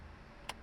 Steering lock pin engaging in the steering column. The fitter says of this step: there's an audible click. The steering wheel is now locked in this position to the left,